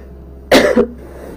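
A single short, forceful cough from an adult woman: a sharp burst followed by a brief voiced tail, lasting about a third of a second. It sounds dry and isolated, with no wheeze or rattle, against quiet room noise and a faint low hum.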